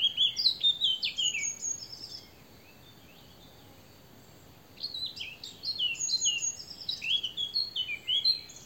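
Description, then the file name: Eurasian blackcap song: a quick, jumbled warbling phrase, a pause of a few seconds, then another bright tumbling phrase. "Sylvia atricapilla"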